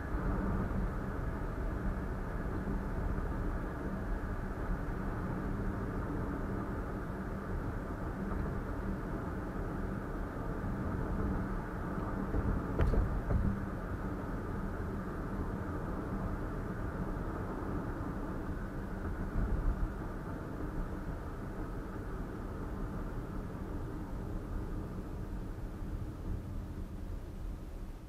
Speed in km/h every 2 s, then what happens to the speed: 76, 76, 74, 74, 72, 72, 72, 72, 72, 72, 60, 55, 47, 34.
0-18 steady at about 72. 18-28 brakes to 34.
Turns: none.